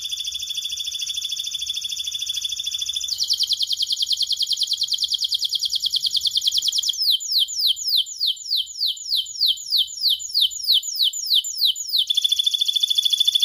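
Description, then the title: Atlantic canary song: a fast rolling trill, then a lower rapid trill, then a run of repeated swooping notes about three per second, ending in another trill. Kenari described as gacor (actively singing), with the best cengkok (song phrasing) and the most lavish isian (fill-in song); kicaumania songbird hobby context. "Kenari Gacor Cengkok Terbaik Isian Paling Mewah Kenarigacor Kicaumania Kenari"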